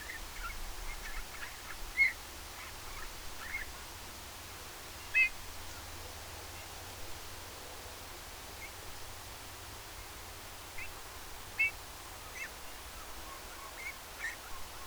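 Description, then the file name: Eurasian bullfinch calls, brief plaintive whistles spaced several seconds apart, with quiet background bird sounds. "Pyrrhula pyrrhula"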